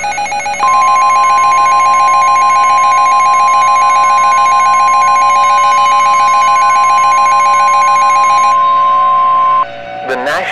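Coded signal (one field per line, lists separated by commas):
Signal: Emergency Alert System (SAME) tones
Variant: 1050 Hz attention tone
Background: speech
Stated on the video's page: Fictional EAS scenario about a Midwest tornado outbreak, using valid EAS tones.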